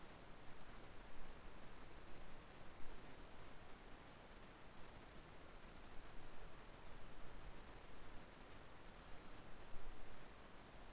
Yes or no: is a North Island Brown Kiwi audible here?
no